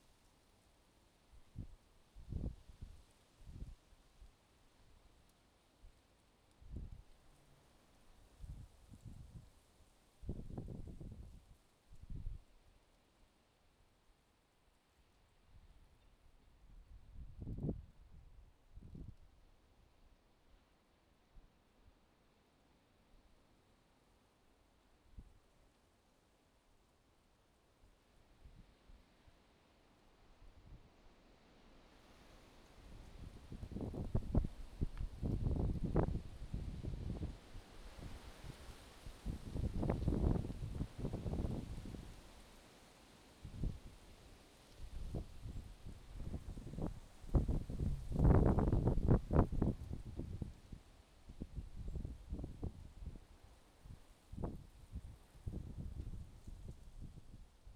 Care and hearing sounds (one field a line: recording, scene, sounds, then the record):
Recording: everyday scene through a hearing-aid microphone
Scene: wind on the microphone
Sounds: wind, traffic, birds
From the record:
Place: suburban garden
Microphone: in the ear canal, left